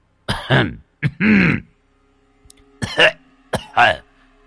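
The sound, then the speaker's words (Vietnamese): A drawn-out bout of harsh, throaty coughing comes in two pairs of loud bursts, each with a raspy voiced tail, separated by a short quiet gap. “Rồi một chàng ho dài vang lên.”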